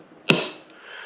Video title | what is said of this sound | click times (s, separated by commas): Mitsubishi Outlander door handle replace YOU NEED TO KNOW | you heard that snap | 0.3 s